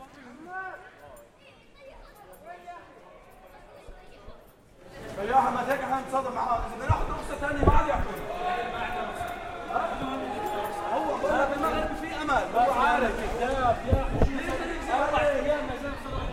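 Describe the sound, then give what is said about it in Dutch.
A crowd at a banned Palestine demonstration shouts on the Kalverstraat, marching toward the Dam, with many overlapping voices swelling suddenly from quieter murmuring into a loud, continuous roar of yelling and chatter. “Ik weet niet wat die mensen zeggen, maar het is misschien beter als dat niet verstaanbaar op de radio is.”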